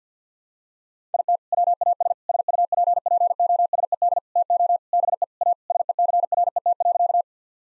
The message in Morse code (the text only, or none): IT WAS SUPPOSED TO BE A SECRET.